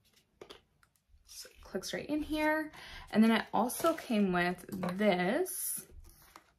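A second plastic attachment head is fitted into the nozzle of a Chuboor cordless handheld vacuum and clicks into place at 0.4 s, with a few faint ticks after it. Someone then talks over the rest of the clip.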